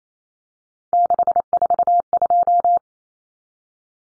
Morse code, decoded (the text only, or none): 642